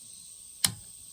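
A click-type torque wrench tightens an engine cover bolt on a small Briggs Intek engine turned up on its side. A single sharp click sounds at 0.6 s as the wrench reaches its setting, confirming the bolt is torqued. A steady high-pitched hiss runs underneath throughout.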